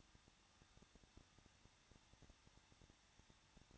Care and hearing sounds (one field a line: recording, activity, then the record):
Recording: daily activity, microphone in the room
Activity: no activity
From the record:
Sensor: 3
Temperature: 21.2 degrees Celsius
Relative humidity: 36.3%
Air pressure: 1006.3 hPa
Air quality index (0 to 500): 221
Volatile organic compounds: 40 ppm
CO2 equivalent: 3150 ppm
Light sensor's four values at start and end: 2/3/2/2 and 2/3/2/2